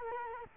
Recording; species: mosquito wingbeat signal from an infrared sensor; Culex quinquefasciatus